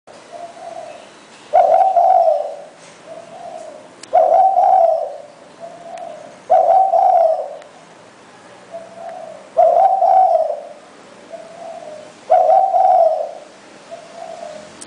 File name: นกเขาใหญ่